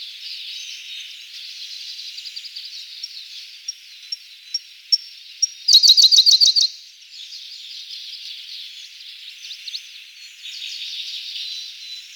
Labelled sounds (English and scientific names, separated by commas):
Siberian Blue Robin (Luscinia cyane) song